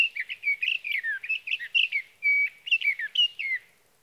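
Sage thrasher song, a dense stream of quick warbled and whistled notes with one longer clear whistle in the middle.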